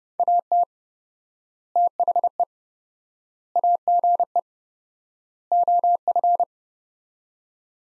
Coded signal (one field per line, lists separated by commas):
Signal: Morse code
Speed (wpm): 32 wpm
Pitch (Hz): 700 Hz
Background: none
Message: AT THE AGE OF